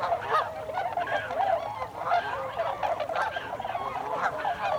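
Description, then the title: Tundra swans calling in a dense, continuous chorus of overlapping honking notes. Tundra swans, 26 December 2020. "2020-12-26-Tundra-Swans"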